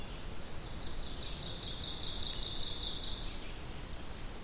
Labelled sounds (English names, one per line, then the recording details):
Ovenbird song
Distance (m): 45 m
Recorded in boreal forest in Alberta, Canada, on 2 June 2016 at 08:05
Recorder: SongMeter 3, array SBT-3-7
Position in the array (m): 190 m, 110 m
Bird 6